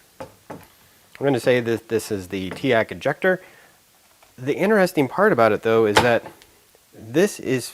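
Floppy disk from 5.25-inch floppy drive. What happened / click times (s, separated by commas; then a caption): The floppy disk auto-ejected with two clicks when the lever was released / 0.2 s, 0.5 s. A floppy disk in a Teac FD-55GFR 5.25-inch floppy drive is auto-ejected when the door lever is released, with two sharp clicks at 0.2 and 0.5 seconds. Someone then talks for the rest of the clip.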